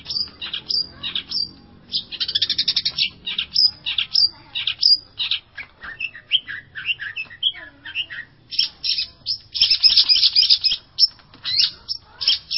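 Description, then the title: Long-tailed shrike song, a dense run of varied high chattering and whistled notes, some bursts fast and buzzy, others spaced. "Cendet Pentet"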